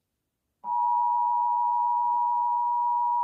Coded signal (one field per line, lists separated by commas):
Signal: Emergency Alert System (SAME) tones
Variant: 853 and 960 Hz attention tone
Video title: the eas alarm gone wild 😭 #wewewewe